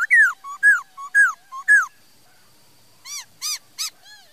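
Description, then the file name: Laughingthrush song: loud descending whistles alternating with short soft notes, then a few harsher, ringing arched calls. "Tieng khuou hot"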